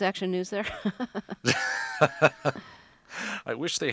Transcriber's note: soundbite of laughter